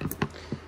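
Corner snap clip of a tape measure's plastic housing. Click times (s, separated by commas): 0.1 s, 0.2 s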